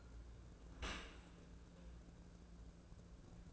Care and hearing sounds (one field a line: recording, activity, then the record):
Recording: daily activity, microphone in the room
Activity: open dishwasher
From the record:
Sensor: 2